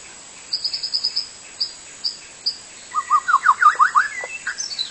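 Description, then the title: White-rumped shama song: a string of high chips, then a fast run of sweeping whistled notes rising and falling, with soft chirps at the end. Wild bird singing in forest. "Kicau burung murai batu hutan"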